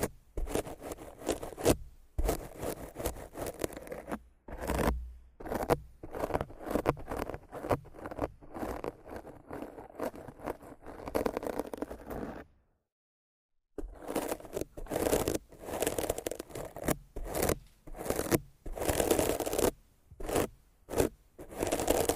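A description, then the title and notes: Rough scratching and brushing against a microphone, in choppy bursts of dry scraping and rustling that start and stop every fraction of a second. The strokes are coarse and full, with short silent gaps and a longer pause around twelve to fourteen seconds. Rough Mic Scratching & Brushing (No Talking).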